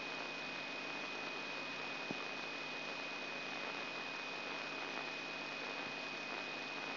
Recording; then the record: brain microelectrode recording played as sound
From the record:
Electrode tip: inside the subthalamic nucleus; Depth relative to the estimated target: -2 mm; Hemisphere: left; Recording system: AlphaMap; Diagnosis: Parkinson's disease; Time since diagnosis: 6 years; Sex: female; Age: 40 years